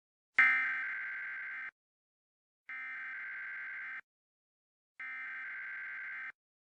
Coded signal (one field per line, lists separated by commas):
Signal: Emergency Alert System (SAME) tones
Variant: header bursts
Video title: EAS Scenario: Neutralized